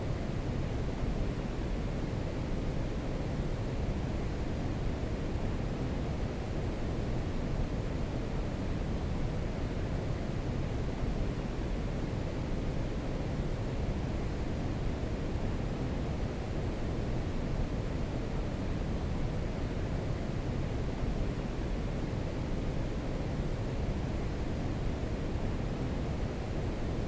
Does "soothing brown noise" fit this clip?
yes